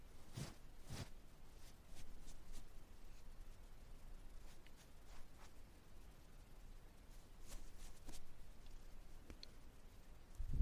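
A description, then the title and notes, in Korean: Ear touching and dusting sounds: soft brushing and rubbing over a low, steady rumble, broken by short crisp taps and scratches. The taps come irregularly, several per second in bursts near the start, around 5 seconds, and around 8 seconds. A louder thump ends the clip. No talking 말없이 귀에 먼지 털어내기 ear touching sound.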